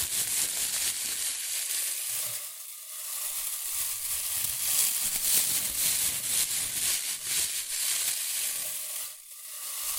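Shredded tissue and packing peanuts rustle and crinkle without pause, a dense, bright crackle that fills the whole ten seconds. The texture stays fairly even, easing briefly near the third second and again just after the ninth, with little low sound beneath.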